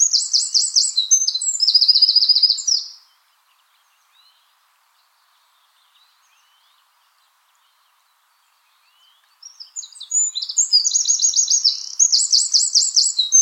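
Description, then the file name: Eurasian wren song, two loud high-pitched bursts of rapid trills and twitters, about three and four seconds long, separated by a quiet gap with faint chips. "Troglodytes troglodytes"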